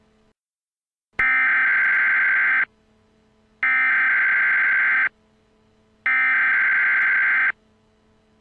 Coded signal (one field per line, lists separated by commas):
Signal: Emergency Alert System (SAME) tones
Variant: header bursts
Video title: EAS Mock - Black Sunday Happens Again